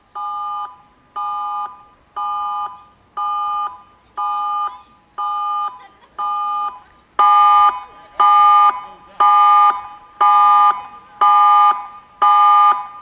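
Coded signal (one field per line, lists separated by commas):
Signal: siren signal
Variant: Meerkat 4 electronic siren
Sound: electronic siren pulsing on and off about once a second, 13 pulses, buzzy harmonic tone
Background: outdoor ambience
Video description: Part 2 of 3 with the signal "TSUNAMI ALERT". Signal: Pulsating continuous tone Duration: 105 sec. Meaning: Danger of a tsunami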